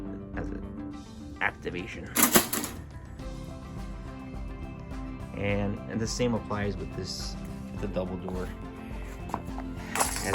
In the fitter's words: the safety bar didn't latch over so